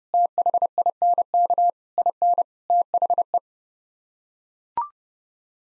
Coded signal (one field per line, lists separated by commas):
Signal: Morse code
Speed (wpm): 30 wpm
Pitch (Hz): 700 Hz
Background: none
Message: THINK IN THE